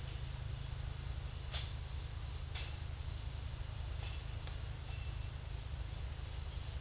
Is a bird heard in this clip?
no